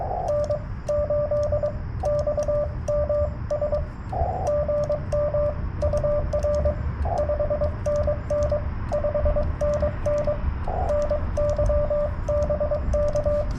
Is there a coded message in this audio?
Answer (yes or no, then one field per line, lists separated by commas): yes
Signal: Morse code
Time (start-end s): 0.3-13.4 s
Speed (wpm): 22 wpm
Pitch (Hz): 600 Hz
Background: radio noise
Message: N8XMS GM UR 5NN 5NN NY BK